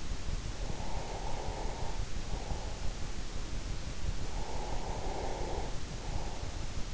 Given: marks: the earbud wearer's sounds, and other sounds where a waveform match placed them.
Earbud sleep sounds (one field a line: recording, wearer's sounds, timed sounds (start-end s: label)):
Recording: sounds in sleep by an in-ear microphone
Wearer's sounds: breath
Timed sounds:
0.58-3.24 s: breath
4.28-6.69 s: breath